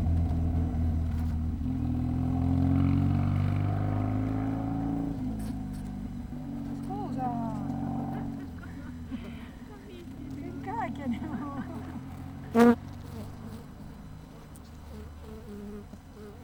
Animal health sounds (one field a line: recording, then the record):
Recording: honeybee colony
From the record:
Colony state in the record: missing queen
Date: 14 July 2017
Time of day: 7:20